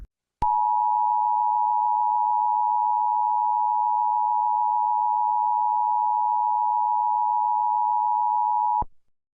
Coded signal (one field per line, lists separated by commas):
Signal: Emergency Alert System (SAME) tones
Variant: 853 and 960 Hz attention tone